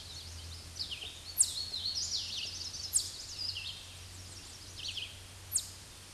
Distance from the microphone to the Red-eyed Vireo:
about 30 m